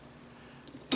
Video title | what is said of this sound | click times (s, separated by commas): Original Colt 1911 from 1918 up close | pop there and it just sticks out a little bit when it pops | 0.9 s